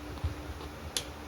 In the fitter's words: Hear that click? That's good.